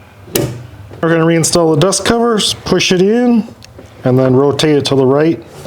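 On a 2015–2022 Canyon/Colorado getting an LED high beam upgrade, the driver side wiring harness connector is lined up with the LED headlight bulb and squeezed together. It snaps on with a single loud click at 0.4 s, and the connector is seated. Then someone talks.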